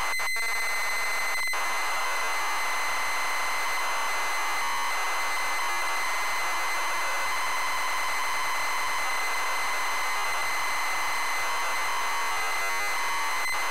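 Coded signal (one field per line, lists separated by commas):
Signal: ZX Spectrum tape loading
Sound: harsh continuous buzzing data screech with a steady whine and shifting raspy bands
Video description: ZX Spectrum load up and quick game play of Shinobi loaded up using a zx spectrum +3 with a wh smith cpd8300 cassette player.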